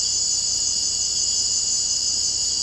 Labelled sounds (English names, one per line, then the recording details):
none
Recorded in secondary vegetation near Puerto Asís, Putumayo, Colombia, on 19 February 2024 at 02:00
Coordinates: 0.489, -76.322
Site G6419